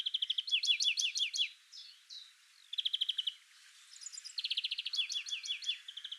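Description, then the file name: European greenfinch calls, fast rattling trills alternating with repeated downslurred chirps, delivered in quick uneven series. "Chloris chloris"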